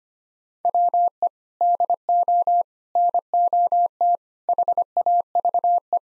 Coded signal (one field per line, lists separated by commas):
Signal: Morse code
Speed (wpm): 25 wpm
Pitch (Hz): 700 Hz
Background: none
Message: WE DO NOT HAVE